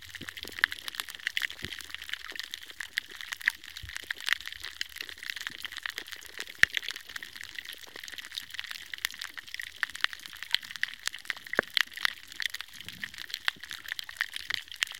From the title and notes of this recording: This is the soundscape of a healthy coral reef in the Red Sea in Egypt called the “Islands”. It may sound like popcorns popping and hitting the lid of the pan, but the sound is actually produced by snapping shrimps. The popcornish sound is the result of lots of these shrimp hunting in the same area. Recorded by Rafael Diogo.